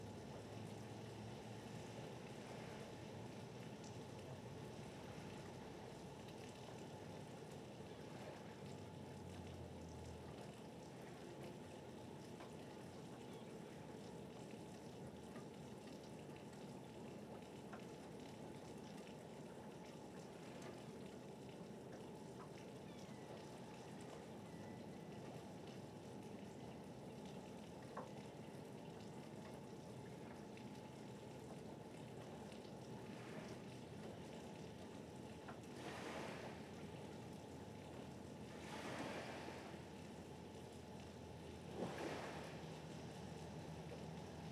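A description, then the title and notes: Harbor water laps steadily against a constant low rumble, with a faint engine-like hum running through the whole recording. Near the end, a few brief rushing splashes stand out, around the 36, 39 and 42 second marks. Martha's Vineyard Thunderstorm and Harbor Waves.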